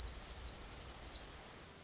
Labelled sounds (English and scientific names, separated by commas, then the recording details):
Orange-crowned Warbler (Leiothlypis celata)
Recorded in Sonoma County, California